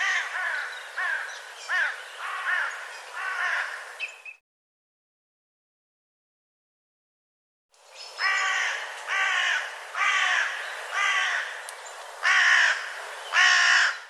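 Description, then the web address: Crow-like bird cawing in bursts of harsh, evenly spaced notes, about one per second, broken by a silent gap of about three seconds. "cianscape birddata"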